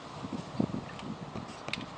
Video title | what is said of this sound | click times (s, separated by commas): SRT Climbing Instruction with Arborist Now San Francisco | also important to make sure that the ID completely locks into place now | 1.7 s